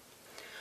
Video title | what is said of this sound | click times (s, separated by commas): SmartDispenser® Priming Station | and snapped into place on the Priming Station gun stand with a similar motion. | 0.4 s